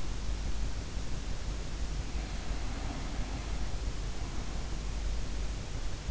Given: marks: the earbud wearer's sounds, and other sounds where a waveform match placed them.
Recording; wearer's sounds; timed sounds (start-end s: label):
sounds in sleep by an in-ear microphone; breath
1.83-5.21 s: breath